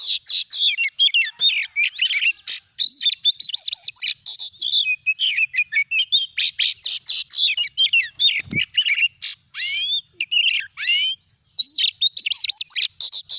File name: Suara Kacer